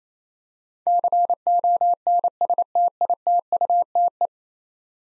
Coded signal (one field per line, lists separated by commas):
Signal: Morse code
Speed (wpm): 28 wpm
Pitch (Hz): 700 Hz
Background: none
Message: CONSTITUTE